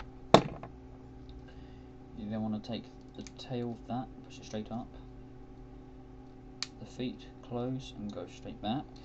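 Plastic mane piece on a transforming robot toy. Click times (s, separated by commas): 0.3 s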